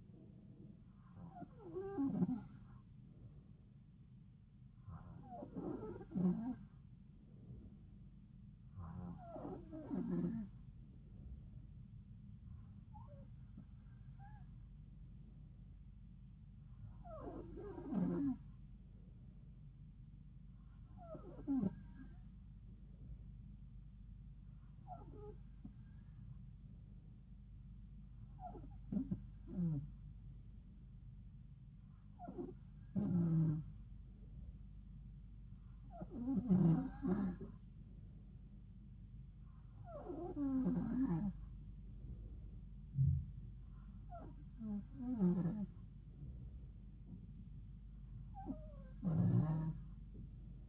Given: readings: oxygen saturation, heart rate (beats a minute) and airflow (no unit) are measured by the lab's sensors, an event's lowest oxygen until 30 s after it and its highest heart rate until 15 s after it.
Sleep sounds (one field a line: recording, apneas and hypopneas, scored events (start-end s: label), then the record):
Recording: breathing in sleep by a smartphone at the bedside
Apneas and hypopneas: none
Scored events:
none scored
From the record:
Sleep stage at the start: N2 (light sleep)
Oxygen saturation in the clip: 92 to 93%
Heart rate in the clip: 70 to 74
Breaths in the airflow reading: 13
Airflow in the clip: -3.7 to 2.5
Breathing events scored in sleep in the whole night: 270 in 6.1 hours asleep